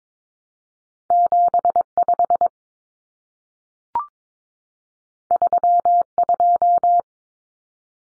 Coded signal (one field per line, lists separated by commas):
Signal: Morse code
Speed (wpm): 22 wpm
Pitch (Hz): 700 Hz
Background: none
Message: 75 32